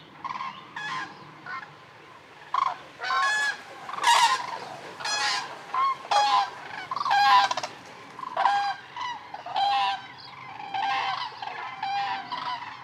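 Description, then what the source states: Common crane calls: many loud rolling trumpeted bugles from a flock, given in overlapping bursts every second or so, harsh and resonant. November at Lac du Der, eastern France; migrating cranes stopping over on reservoirs, counted at over 200,000; most fly on over France to Spain, returning late February; Nagra Seven, MKH8020 stereo.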